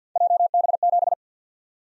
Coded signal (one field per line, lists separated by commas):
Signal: Morse code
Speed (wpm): 47 wpm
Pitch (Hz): 700 Hz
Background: none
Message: JB7